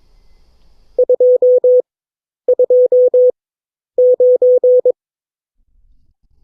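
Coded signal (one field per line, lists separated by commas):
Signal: Morse code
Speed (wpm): 22 wpm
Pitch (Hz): 500 Hz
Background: none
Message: 229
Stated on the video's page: Morse code class session of an amateur radio club.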